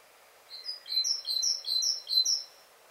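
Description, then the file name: Great tit giving a quick run of several high, thin notes that step up and down, over a quiet background. "Parus major"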